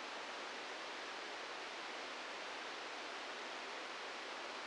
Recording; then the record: brain microelectrode recording played as sound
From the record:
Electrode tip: inside the subthalamic nucleus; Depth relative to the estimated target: 0 mm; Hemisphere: right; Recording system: NeuroSet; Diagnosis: Parkinson's disease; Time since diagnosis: 15 years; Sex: female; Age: 59 years